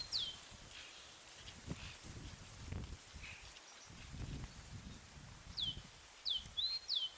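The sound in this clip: Great tit notes: one falling note at the start, then a short run of falling and level notes at the end, over rustling background noise.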